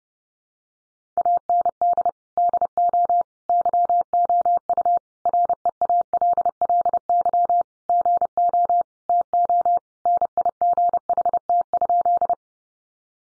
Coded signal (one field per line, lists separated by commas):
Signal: Morse code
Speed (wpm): 30 wpm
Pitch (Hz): 700 Hz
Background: none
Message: AND DO YOU REALLY GO TO NIGHT?